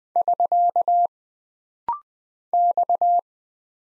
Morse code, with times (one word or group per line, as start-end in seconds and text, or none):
0.2-1.1 <SK>
2.5-3.2 X